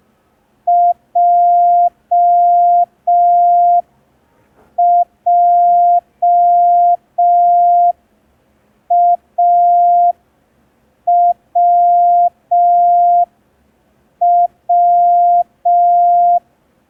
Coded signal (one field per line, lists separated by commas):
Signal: Morse code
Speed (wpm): 5 wpm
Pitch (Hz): 700 Hz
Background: none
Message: JJAWW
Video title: [MC–03] Learn Morse Code in 10 Days (Day 3) – ASOC Tutorials India